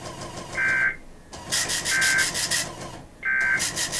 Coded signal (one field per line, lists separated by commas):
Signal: Emergency Alert System (SAME) tones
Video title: 4 Child Abduction Emergencies || 2/14/24 (EAS #2,318-2,321)